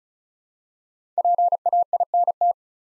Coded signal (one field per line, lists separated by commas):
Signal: Morse code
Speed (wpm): 36 wpm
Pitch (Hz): 700 Hz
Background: none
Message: PAINT